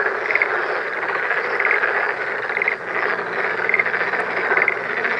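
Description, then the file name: Black-spotted pond frog calls: dense, steady chorus of croaking with distinct pulsed notes standing out about once a second. Recorded 19 April 2017. "tonosamagaeru 170419"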